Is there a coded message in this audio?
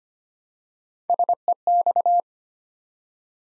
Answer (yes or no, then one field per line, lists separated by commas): yes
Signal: Morse code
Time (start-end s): 1.1-2.2 s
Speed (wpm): 25 wpm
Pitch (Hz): 700 Hz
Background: none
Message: SEX